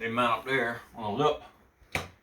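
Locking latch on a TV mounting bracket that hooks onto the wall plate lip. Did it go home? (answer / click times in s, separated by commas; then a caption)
yes / 2.0 s. Someone talks while the locking latch on a Sanus Premium tilt wall mount bracket, holding a Sony BRAVIA 3 (K50S30) 50-inch 4K TV, is pulled down where the bracket hooks onto the wall plate lip. The latch snaps into place with one sharp click at 1.9 s, seating it.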